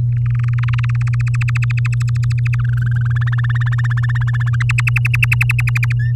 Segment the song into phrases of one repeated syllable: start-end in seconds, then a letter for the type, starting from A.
0.12-1.09 A, 1.13-2.55 B, 2.59-3.07 C, 3.10-4.56 D, 4.60-5.92 E, 5.99-6.13 F